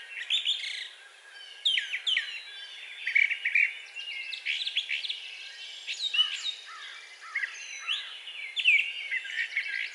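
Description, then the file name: Brown thrasher singing a varied string of scratchy and whistled phrases, with brief gaps between groups. Recorded 4 June 2020. "2020-06-04 Brown Thrasher"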